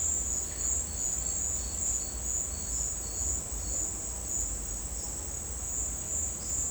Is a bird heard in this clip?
no